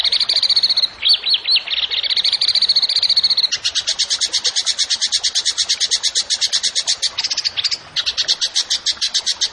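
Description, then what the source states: Bird song with a steady high trill broken by looping whistled notes, then a long, very rapid stream of sharp repeated notes. Songbird singing actively (gacor) in 'tembakan' style, for training songbirds (masteran).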